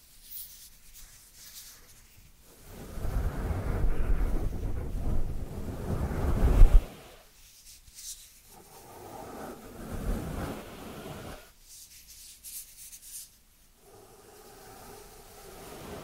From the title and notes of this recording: ASMR Dry Dry Dry Hand Sounds to Beat Your Tingle Immunity (No Talking).